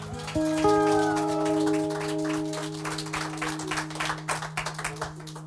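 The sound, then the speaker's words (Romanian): A crowd applauds with dense, steady clapping over a held low musical chord. Toward the end the clapping thins into scattered individual claps. “Bravo, bravo, aplauze pentru voi.”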